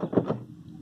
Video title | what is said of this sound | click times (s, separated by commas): Suzuki Car Door Open & Close With Key Correctly | गाड़ी lock हो गया है। | 0.2 s